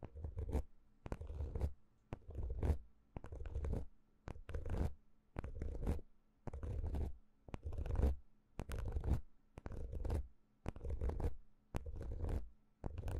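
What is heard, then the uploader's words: Close, rhythmic scratching and rubbing on a microphone, in bursts of about one second separated by short pauses, repeating steadily through the clip. Each stroke has a deep, thumping rumble underneath a papery, brushing rasp, with sharp clicks at the edges of some strokes. 讓您放鬆棉花&羽毛觸發. Relaxing Mic Scratching | Touching | NO Talking.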